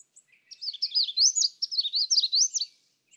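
Magnolia warbler song, a lively phrase of sharp high whistles in quick succession, about two seconds long, after a few soft chips.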